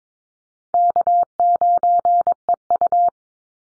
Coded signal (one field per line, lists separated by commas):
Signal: Morse code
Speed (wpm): 22 wpm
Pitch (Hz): 700 Hz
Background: none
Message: K9EU